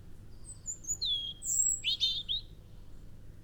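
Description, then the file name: European robin song: thin, very high drawn-out whistles followed by a lower, richer rattling trill. "Erithacus rubecula"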